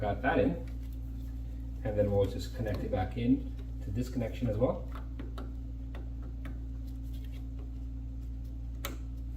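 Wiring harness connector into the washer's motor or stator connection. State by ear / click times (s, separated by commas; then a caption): seated / 8.9 s. Someone talks while reconnecting a plastic wiring harness connector by hand to the motor or stator connection of a Maytag Bravos XL/Whirlpool Cabrio washer that is not agitating or spinning, during a washer clutch replacement. Faint ticks come between 5.2 and 7.3 seconds over a steady low hum. The connector latches with a sharp click at 8.9 seconds and is seated.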